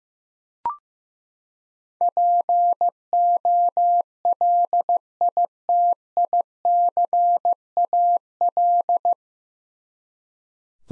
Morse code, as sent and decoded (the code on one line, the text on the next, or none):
.--. --- .-.. .. - .. -.-. .- .-..
POLITICAL